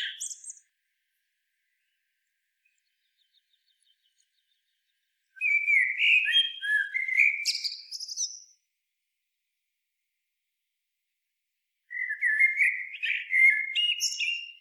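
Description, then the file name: Eurasian blackbird song: the end of a squeaky phrase, then two mellow warbling phrases with high twittered tails, separated by long silences. "Turdus merula"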